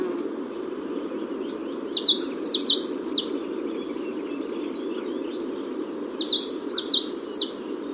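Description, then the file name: African blue tit: two bursts of sharp, high, down-stepping notes about four seconds apart, each a rapid tumbling run, over soft background rumble. Tenerife, Canary Islands. "cyanistes teneriffae"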